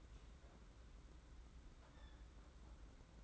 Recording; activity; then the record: daily activity, microphone in the room; open fridge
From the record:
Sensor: 3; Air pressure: 991.9 hPa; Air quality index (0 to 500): 215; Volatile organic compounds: 1000 ppm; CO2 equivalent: 7351 ppm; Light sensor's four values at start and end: 32/94/38/32 and 32/94/38/32